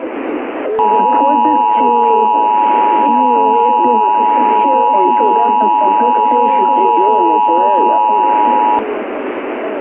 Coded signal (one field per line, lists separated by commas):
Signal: Emergency Alert System (SAME) tones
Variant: 853 and 960 Hz attention tone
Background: speech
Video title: EAS Scenario (sneek peek): EAN Scene (EARRAPE WARNING)